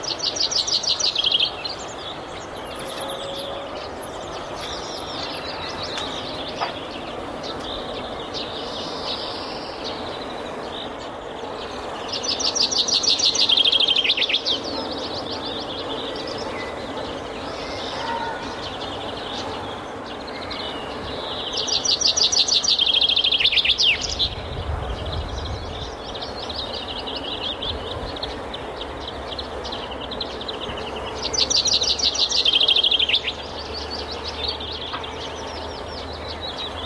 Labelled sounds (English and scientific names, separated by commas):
Common Chaffinch (Fringilla coelebs) song